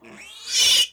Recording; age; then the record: pig call; piglet (1 to 25 days)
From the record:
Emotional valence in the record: negative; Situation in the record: castration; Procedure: castration, cut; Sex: male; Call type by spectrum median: high-frequency call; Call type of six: mixed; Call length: 0.93 s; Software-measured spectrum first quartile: 3107 Hz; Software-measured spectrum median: 4174 Hz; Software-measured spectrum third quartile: 6051 Hz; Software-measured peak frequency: 2896 Hz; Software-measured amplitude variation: 113 dB a second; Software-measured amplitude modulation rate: 14.6 a second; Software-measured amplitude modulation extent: 7.8 dB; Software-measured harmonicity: 4.6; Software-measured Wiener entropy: -2.35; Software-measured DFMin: 652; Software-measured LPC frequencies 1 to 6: 1127, 2340, 2952, 3550, 5618, 6486 Hz